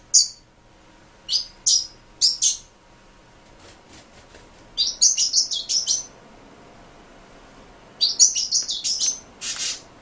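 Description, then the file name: Pin-tailed whydah song: clusters of thin, high chirps delivered in quick bursts, with pauses of a few seconds between them. "suara pintailwydah omkicau"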